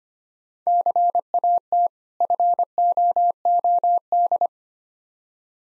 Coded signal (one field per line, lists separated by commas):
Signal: Morse code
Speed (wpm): 25 wpm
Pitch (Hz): 700 Hz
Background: none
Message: CAT FOOD